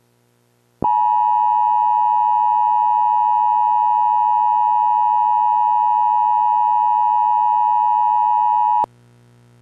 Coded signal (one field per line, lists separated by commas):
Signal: Emergency Alert System (SAME) tones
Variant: 853 and 960 Hz attention tone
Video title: EAS Law Enforcement Warning issued for stark county north dakoda